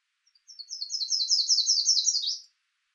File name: yellowrumpedwarbler